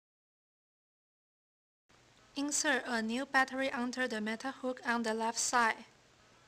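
A new button cell battery is slipped under the metal hook on the left side of the battery compartment of a plastic Radiant TH809 infrared ear thermometer while someone talks. The battery has not yet been pressed down, and nothing has seated or clicked yet.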